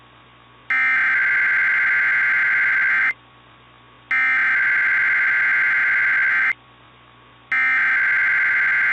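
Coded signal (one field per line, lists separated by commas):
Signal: Emergency Alert System (SAME) tones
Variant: header bursts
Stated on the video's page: Fictional EAS scenario recreation about a nuclear plant incident.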